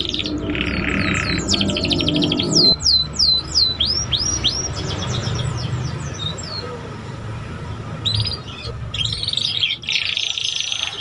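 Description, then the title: Belgian canary song of clear whistled slurs, then rattling trills and short chirps. Belgian canary song played to warm up young canaries and prompt them to sing quickly and chatter. "Canto Para Esquentar Canário Belga. SUARA KENARI PAUD CUIT CUIT BELAJAR BUNYI - pancingan kenari paud muda agar cepat bunyi dan ngeriwik"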